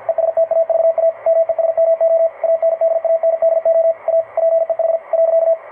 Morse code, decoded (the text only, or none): ESTAVA MESMO ANDANDO A PEH .